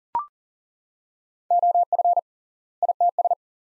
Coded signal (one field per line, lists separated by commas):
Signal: Morse code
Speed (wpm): 40 wpm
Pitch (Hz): 700 Hz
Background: none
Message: OF ITS